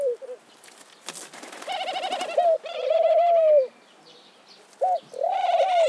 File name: Eurasian collared dove